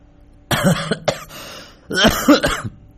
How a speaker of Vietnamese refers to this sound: Mẹ Vũ đột nhiên ho lên sù sụ.